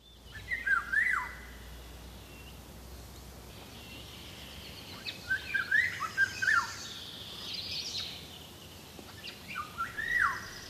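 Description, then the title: Eurasian golden oriole fluting song: three short, rich whistled phrases that rise and then drop, spaced a few seconds apart, with faint high chirps of other birds behind. "Viikon luontoääni: Kuhankeittäjä"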